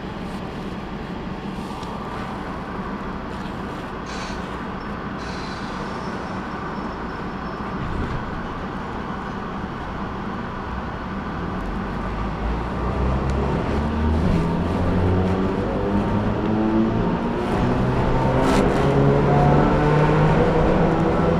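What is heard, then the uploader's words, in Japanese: A small train idles with a steady low rumble, then pulls away around the midpoint, its motor whine rising and growing louder as it accelerates. 四日市あすなろう鉄道 日永→内部。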